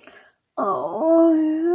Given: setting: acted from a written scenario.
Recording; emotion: vocal sound without words; romantic love